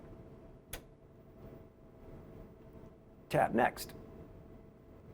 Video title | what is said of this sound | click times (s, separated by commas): Brady i7500 Industrial Label Printer - Peel Model - Loading i75 Series Materials | and close the peel door until it snaps into place. | 0.7 s